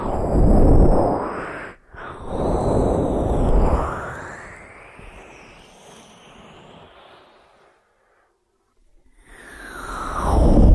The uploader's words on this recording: ASMR 3D Ear Massage that Penetrates Your Brain (No Talking).